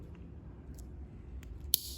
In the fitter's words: Fez o clique, zerou.